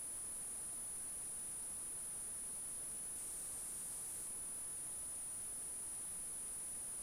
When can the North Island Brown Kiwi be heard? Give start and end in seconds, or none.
none